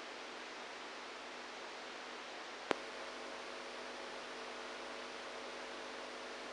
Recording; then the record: brain microelectrode recording played as sound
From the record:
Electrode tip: outside the subthalamic nucleus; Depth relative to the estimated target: 1 mm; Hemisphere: right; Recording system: NeuroSet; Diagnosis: Parkinson's disease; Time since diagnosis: 27 years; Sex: male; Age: 62 years